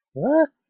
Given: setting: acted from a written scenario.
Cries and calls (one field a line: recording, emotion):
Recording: vocal sound without words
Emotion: confusion